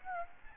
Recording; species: mosquito wingbeat signal from an infrared sensor; Aedes aegypti